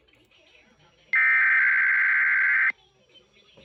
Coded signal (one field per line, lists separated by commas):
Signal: Emergency Alert System (SAME) tones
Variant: header bursts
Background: speech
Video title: KDKA RWT LATE AT 9:30!!!!! EAS 400-401!!!!!!!!!!!!!!!!!!!!!!!!!